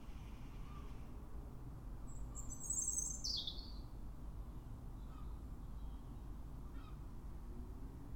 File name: Erithacus rubecula